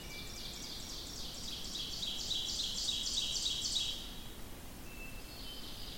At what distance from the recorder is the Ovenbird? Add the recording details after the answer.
about 30 m. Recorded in boreal forest in Alberta, Canada, on 14 June 2016 at 05:55. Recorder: SongMeter 3, array SBT-3-33. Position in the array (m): 280 m, 279 m. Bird 22